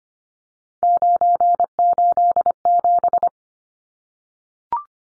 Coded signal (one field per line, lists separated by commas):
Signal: Morse code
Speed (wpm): 25 wpm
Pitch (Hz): 700 Hz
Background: none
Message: 987